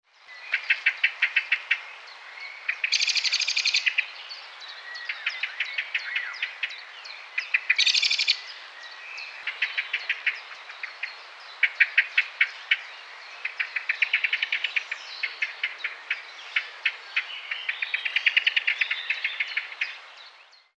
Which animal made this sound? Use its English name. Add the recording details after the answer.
Common Blackbird. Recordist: Tembrock, Günter. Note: Erregungsrufe